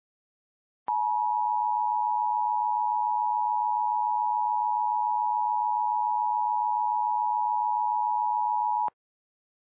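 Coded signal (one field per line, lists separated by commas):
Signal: Emergency Alert System (SAME) tones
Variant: 853 and 960 Hz attention tone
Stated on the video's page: Recreated mock EAS alert of the Hawaii false alarm.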